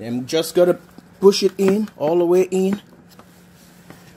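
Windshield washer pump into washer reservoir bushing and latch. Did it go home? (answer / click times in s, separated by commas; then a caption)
no / none. A windshield washer pump is pushed by hand into its rubber bushing on the washer reservoir, toward the latch that will lock it in place. Someone talks through the first 2.8 seconds, followed by quiet handling with two faint, brief ticks near 3.2 and 3.9 seconds. The pump has not latched or seated yet by the end of the clip.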